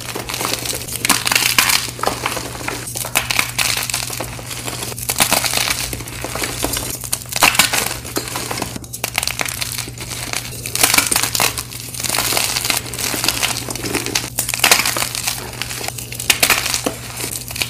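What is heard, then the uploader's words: Blocks of dyed gym chalk are crushed in a steady run of dry, gritty crunching and crumbling, with bright scraping bursts arriving every second or so. A constant low hum sits underneath throughout, and the texture stays dense and busy from start to finish. Blue & Yellow Dyed Gym Chalk Crush. ASMR oddly satisfying crushing dyed gym chalk blocks.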